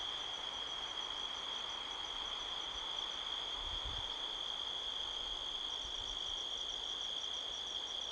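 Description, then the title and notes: Crickets produce a steady shrill trill and pulsing chirps while strong wind rustles leaves, with a low gust rumble near the middle. Crickets heard all around at midnight in a canyon near Sedona, Arizona, USA, on 5 October 2023, with strong wind rustling trees. "Midnight Soundscape, Sedona, Arizona, USA on 5th October 2023 – by Joe Harvey-Whyte. The sound of crickets can be heard all around"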